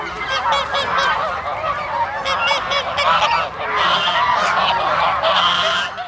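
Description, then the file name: Goose: geese honking loudly, an overlapping chorus of harsh, nasal calls from many birds. Geese calling loudly at a city park lake. "Helicoptero Passando Sobre Lago do Parque da Cidade com Gansos Gritando"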